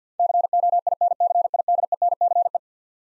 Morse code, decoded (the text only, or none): COINCIDENCE